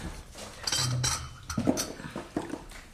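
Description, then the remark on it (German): China clinks and chinks as a teacup is set on its saucer while a cup of tea is served to a doctor, several light bright taps and scrapes at an uneven pace, with a soft low thud among them and no talking. “Eine Tasse Tee, Doktor? Das ist genau das, was mir fehlt.”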